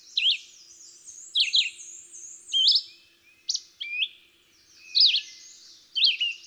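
Red-eyed Vireo song: terse whistled phrases, about one per second, over faint high background noise.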